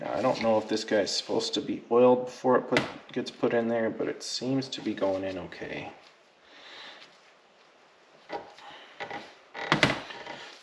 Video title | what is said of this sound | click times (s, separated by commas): 5.7 Hemi Stroker Build (Part 5) | also seems to almost lock into place | 9.7 s, 9.8 s